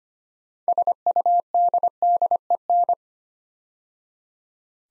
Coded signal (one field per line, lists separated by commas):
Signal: Morse code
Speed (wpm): 25 wpm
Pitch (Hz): 700 Hz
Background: none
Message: SUDDEN